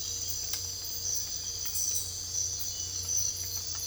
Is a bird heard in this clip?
no